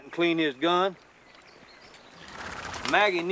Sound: soundbite of horse snorting

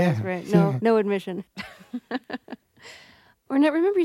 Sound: laughter

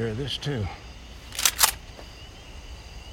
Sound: soundbite of gun cocking

